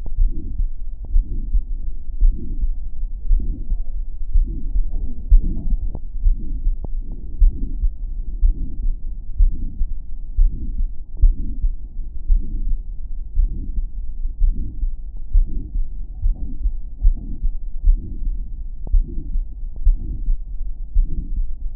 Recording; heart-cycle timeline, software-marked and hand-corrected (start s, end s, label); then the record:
heart sounds
0.00	0.18	diastole
0.18	0.32	S1
0.32	0.60	systole
0.60	0.70	S2
0.70	1.12	diastole
1.12	1.24	S1
1.24	1.56	systole
1.56	1.70	S2
1.70	2.18	diastole
2.18	2.34	S1
2.34	2.64	systole
2.64	2.78	S2
2.78	3.26	diastole
3.26	3.40	S1
3.40	3.72	systole
3.72	3.84	S2
3.84	4.32	diastole
4.32	4.46	S1
4.46	4.74	systole
4.74	4.86	S2
4.86	5.30	diastole
5.30	5.42	S1
5.42	5.70	systole
5.70	5.80	S2
5.80	6.24	diastole
6.24	6.40	S1
6.40	6.61	systole
6.61	6.77	S2
6.77	7.40	diastole
7.40	7.54	S1
7.54	7.82	systole
7.82	7.94	S2
7.94	8.40	diastole
8.40	8.54	S1
8.54	8.86	systole
8.86	8.96	S2
8.96	9.38	diastole
9.38	9.52	S1
9.52	9.82	systole
9.82	9.92	S2
9.92	10.38	diastole
10.38	10.52	S1
10.52	10.78	systole
10.78	10.88	S2
10.88	11.22	diastole
11.22	11.36	S1
11.36	11.64	systole
11.64	11.78	S2
11.78	12.26	diastole
12.26	12.42	S1
12.42	12.72	systole
12.72	12.86	S2
12.86	13.34	diastole
13.34	13.50	S1
13.50	13.82	systole
13.82	13.92	S2
13.92	14.40	diastole
14.40	14.54	S1
14.54	14.82	systole
14.82	14.92	S2
14.92	15.34	diastole
15.34	15.46	S1
15.46	15.74	systole
15.74	15.84	S2
15.84	16.22	diastole
16.22	16.34	S1
16.34	16.62	systole
16.62	16.72	S2
16.72	17.04	diastole
17.04	17.16	S1
17.16	17.44	systole
17.44	17.52	S2
17.52	17.86	diastole
17.86	18.00	S1
18.00	18.28	systole
18.28	18.42	S2
18.42	18.90	diastole
18.90	19.04	S1
19.04	19.32	systole
19.32	19.44	S2
19.44	19.84	diastole
19.84	19.98	S1
19.98	20.30	systole
20.30	20.44	S2
20.44	20.92	diastole
20.92	21.06	S1
21.06	21.36	systole
21.36	21.48	S2
21.48	21.76	diastole
From the record:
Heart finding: aortic stenosis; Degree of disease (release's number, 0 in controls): 3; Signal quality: good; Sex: female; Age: 72 years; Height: 1.58 m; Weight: 78 kg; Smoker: yes